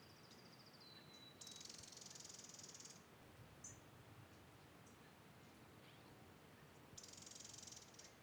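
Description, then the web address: Birds calling: a thin high whistle, then harsh buzzy bursts at about 1.5 and 7 seconds, with short chips between, over steady wind noise. Spring field ambience in the Pacific Northwest, with wind, recorded in mid-side stereo. "Raconteur Sound - Spring in the Pacific Northwest- Ambiences Amb, Field, Birds, Wind, MS"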